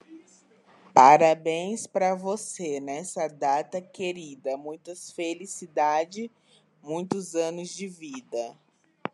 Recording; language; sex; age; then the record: short text; Brazilian Portuguese; female; 20 to 29 years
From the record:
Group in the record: control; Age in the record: 24 years